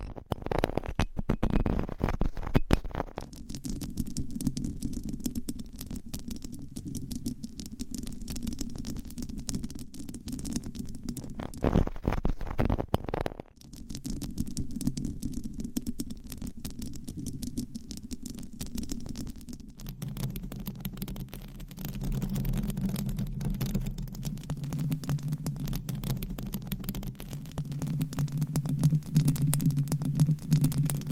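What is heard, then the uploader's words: Microphones are scratched through covers, a dense low rumbling rub with brief bright crackly bursts near the start and around thirteen seconds. ASMR Mic Scratching - Brain Scratching with 9 Mics & DIY Mic Covers No Talking.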